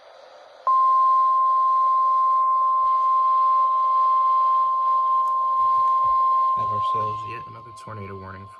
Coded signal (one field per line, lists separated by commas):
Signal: Emergency Alert System (SAME) tones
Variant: 1050 Hz attention tone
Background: speech